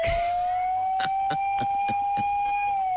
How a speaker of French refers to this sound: Ils sont là avec l'homme, avec deux potes de mégaphone. Eh ben la sirène. Ah la sirène.